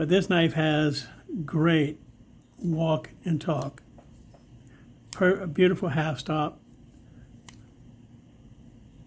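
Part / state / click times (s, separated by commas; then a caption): slip-joint knife blade into its handle and backspring / seated / 7.5 s. Someone talks as the blade of a yard-sale slip-joint pocket knife with red plastic scales is moved on its backspring. At 7.5 s the blade snaps into place in the handle with a single sharp click and sits flush.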